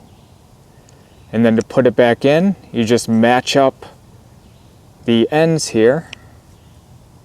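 A ferrocerium fire steel, about an inch and a half long, is lined up end to end with the plastic handle of a Mora Light My Fire bushcraft knife so it can be put back in. Someone talks over quiet background noise. Nothing has seated or clicked yet; the clip ends just before the fire steel goes home.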